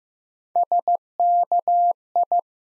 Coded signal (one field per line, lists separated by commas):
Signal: Morse code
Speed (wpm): 15 wpm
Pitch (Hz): 700 Hz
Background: none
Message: SKI